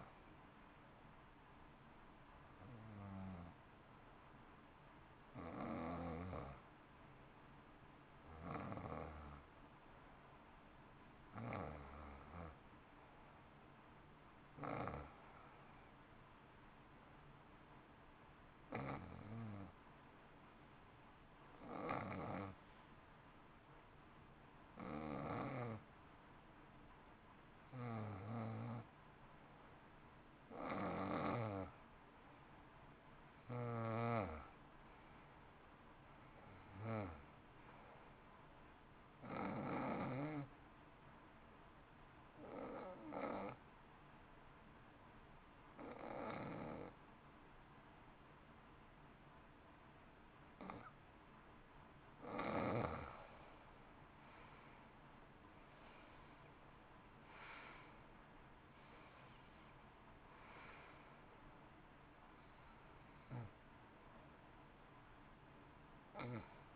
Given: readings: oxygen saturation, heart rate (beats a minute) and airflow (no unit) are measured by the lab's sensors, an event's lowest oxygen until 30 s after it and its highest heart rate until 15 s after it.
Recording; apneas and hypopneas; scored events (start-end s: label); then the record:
breathing in sleep by a voice recorder at the bedside; 2
19.00-31.50 s: hypopnea (N2, oxygen 90% highest, then 87% lowest, heart rate 60 at the start, 63 highest)
41.00-52.40 s: hypopnea (N1, oxygen 90% highest, then 83% lowest, heart rate 62 at the start, 64 highest)
41.00-66.76 s: new sleep stage, N1 (lightest sleep)
From the record:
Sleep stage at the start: N2 (light sleep); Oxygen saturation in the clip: 84 to 91%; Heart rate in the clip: 57 to 64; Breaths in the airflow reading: 20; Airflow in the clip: -15.8 to 13.0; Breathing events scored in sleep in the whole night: 328 in 6.3 hours asleep